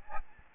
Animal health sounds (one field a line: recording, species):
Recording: mosquito wingbeat signal from an infrared sensor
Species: Aedes albopictus